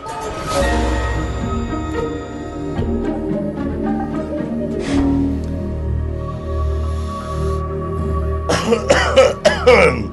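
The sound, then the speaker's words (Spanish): A few scattered harsh coughs, then a rapid cluster of forceful coughs near the end, over a steady tonal background with no speech. “Bueno, ante todo, mis disculpas por estas curiosas y originales toses con las que estamos salpicando el programa, con las que estoy salpicando el programa.”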